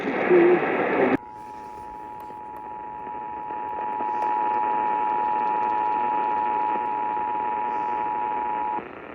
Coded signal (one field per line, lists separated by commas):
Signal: Emergency Alert System (SAME) tones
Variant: 853 and 960 Hz attention tone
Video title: Catchup on EAS Alerts EAS 71-76